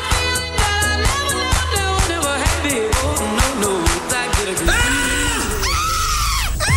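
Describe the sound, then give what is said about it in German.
Over a pounding, steady electronic beat, a loud, sustained scream of joy rises and falls in pitch near the end, riding on top of the music. “Schrei vor Glück.”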